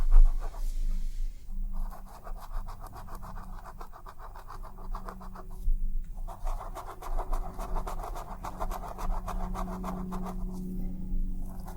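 Head massage with scalp scratching: dense, rapid scratching strokes come in bursts, pausing briefly around two, six and ten seconds before resuming. The scratching sounds soft and mid-toned over a constant low hum, with a faint steady tone underneath throughout.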